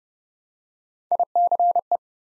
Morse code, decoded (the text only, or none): ICE